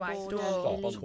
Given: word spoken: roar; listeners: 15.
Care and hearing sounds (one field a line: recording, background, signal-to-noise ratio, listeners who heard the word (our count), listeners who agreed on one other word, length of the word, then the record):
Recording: one English word in noise, from a listening test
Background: four-talker babble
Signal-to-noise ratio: -1.4 dB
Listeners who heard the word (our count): 0 of 15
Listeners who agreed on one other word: 7 of 15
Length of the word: 0.65 s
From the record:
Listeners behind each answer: 7, 3, 2, 1, 1, 1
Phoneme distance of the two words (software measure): 10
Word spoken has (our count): 1 syllable, 2 phonemes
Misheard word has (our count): 1 syllable, 2 phonemes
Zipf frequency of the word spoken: 4.13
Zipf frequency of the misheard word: 5.26